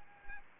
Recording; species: mosquito wingbeat signal from an infrared sensor; Anopheles arabiensis